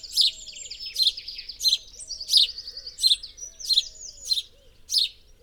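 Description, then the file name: House sparrow chirping loudly, a strong chirp every two-thirds of a second or so, with trailing thin notes between them and faint low tones beneath. "Passer domesticus"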